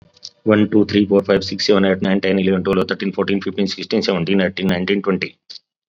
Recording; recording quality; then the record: counting at a fast pace; excellent, no background noise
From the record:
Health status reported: COVID-19 positive, mild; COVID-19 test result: positive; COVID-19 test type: rapid antigen test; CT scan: not taken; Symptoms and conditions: cough, fever, fatigue, muscle pain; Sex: male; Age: 44 years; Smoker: no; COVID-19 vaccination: both doses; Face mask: worn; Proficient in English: yes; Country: India